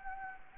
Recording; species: mosquito wingbeat signal from an infrared sensor; Anopheles gambiae